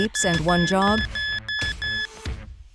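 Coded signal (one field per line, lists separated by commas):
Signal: none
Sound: motorized shade motor beeps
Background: speech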